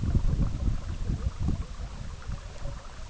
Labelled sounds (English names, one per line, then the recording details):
none
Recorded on Arctic tundra, site EABA-MC, on 17 June 2019
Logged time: 04:00